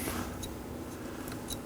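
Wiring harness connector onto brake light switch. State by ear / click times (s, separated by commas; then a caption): not seated / none. The wiring harness connector for a new brake light switch on a 2013-2019 Nissan Sentra is grabbed, and its locking clip is located and lined up with the switch before it is pushed home. Faint plastic handling rustles and light taps are heard over a steady low background hum. Nothing has seated or clicked yet.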